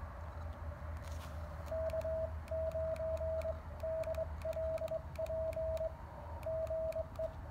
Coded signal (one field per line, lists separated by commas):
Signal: Morse code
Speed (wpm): 21 wpm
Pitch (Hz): 640 Hz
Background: radio noise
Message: K9DLP GE